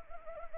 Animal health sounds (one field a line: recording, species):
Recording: mosquito wingbeat signal from an infrared sensor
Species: Anopheles arabiensis